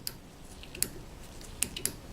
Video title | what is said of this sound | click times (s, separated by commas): Supplies Needed for Auto Matrix and How to use | once we hear that click we know it's nice and tight to | 0.8 s, 1.6 s, 1.9 s